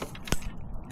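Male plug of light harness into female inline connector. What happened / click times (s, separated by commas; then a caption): The plastic wiring connector clicked into place / 0.3 s. The male plug of the other saddlebag light's harness, for a Street Glide, Road Glide or Road King, is lined up the right way and pushed into its female plastic inline connector, the second inline wiring connection. A single sharp click sounds at 0.3 s over a low, steady background. The connector seats and clicks in.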